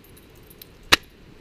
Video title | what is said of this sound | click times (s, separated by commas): Best Bushcraft EDC/Utility Knife and Custom Kydex Sheath system, Delta Whiskey Infinity | Hear the click. There you go. Ready? | 0.9 s